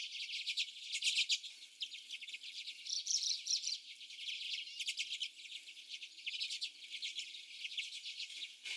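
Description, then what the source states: Common redpolls giving rapid chattering call bursts, interrupted by a couple of clearer twittering notes around three seconds. More than one common redpoll.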